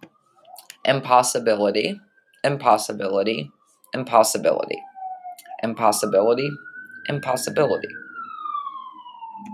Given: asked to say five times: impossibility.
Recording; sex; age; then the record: repeated word; female; 30 to 39 years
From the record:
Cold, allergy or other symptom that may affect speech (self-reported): no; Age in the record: 36 years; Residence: Ohio, United States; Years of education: 14